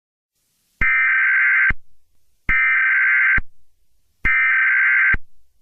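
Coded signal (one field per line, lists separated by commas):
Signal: Emergency Alert System (SAME) tones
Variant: header bursts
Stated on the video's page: Remastered fictional EAS scenario.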